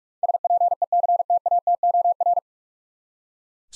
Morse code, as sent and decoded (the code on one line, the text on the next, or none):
... .--. . -.-. - .- - --- .-.
SPECTATOR